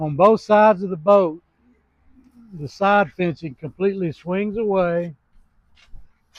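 A swing-away side fence section on the deck of a 2023 Premier Sunsation 230 pontoon boat, which swings away on both sides of the boat, is handled while someone talks. The clip ends before the fence latches, so nothing has locked in place yet.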